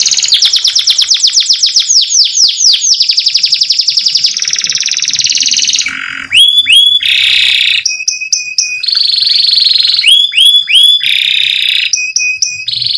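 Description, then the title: Domestic canary in full song: quick descending chirps roll into buzzy trills, then alternating high whistled upslurs and rattling tours, changing pattern every second or two. Male Belgian canary song used to arouse females. "Canto Para Esquentar Canário Belga. Suara Kenari Jantan Menaikan Birahi Betina"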